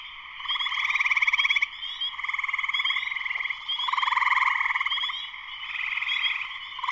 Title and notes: Spring peepers (chorus frogs) in full chorus shortly after sunset in the Sleeping Bear Dunes National Lakeshore in northern Michigan, USA. Recorded by Darrin Wassom. Music for Sleep